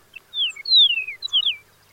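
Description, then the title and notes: Chihuahuan Meadowlark song: a short phrase of clear, slurred whistles, mostly sliding downward, with a quick high twisting note near the end; quiet background. Desert grassland bird of Mexico and southwestern U.S.; recognized in 2022 as a species separate from Eastern Meadowlark; song distinct from other meadowlarks. "The Chihuahuan Meadowlark. Chihuahuan Meadowlarks live in dry desert grasslands. They form a distinct population in Mexico and the southwestern U.S., and have a song that sets them apart from other meadowlarks. BirdNote"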